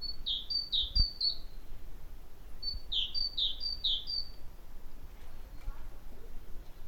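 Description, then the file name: Great tit calls, two quick runs of high chirping notes separated by a short pause, over a low steady background hum. "Parus major"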